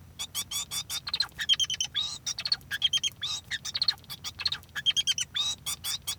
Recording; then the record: song of a male Bengalese finch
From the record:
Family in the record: son of father 2